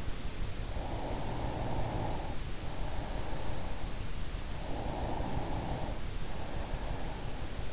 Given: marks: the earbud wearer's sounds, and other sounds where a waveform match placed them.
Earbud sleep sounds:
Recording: sounds in sleep by an in-ear microphone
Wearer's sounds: breath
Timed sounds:
0.54-4.15 s: breath
4.44-7.72 s: breath

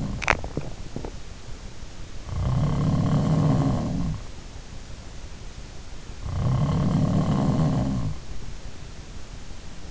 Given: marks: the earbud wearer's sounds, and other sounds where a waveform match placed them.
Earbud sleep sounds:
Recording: sounds in sleep by an in-ear microphone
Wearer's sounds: teeth grinding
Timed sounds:
0.00-1.36 s: teeth grinding
2.22-4.46 s: sound from someone else or the room
6.00-8.29 s: sound from someone else or the room

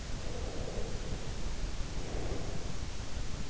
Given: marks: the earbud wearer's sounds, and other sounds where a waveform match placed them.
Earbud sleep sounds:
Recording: sounds in sleep by an in-ear microphone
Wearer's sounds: breath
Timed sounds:
0.18-3.15 s: breath

